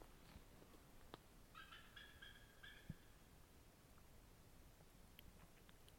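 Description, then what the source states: Eagle calling: a rapid stuttering run of thin, high piping notes, with faint scattered clicks around it. Calling its mate to it, the other eagle flying over to meet it; estuary on Haida Gwaii, on a guided walk.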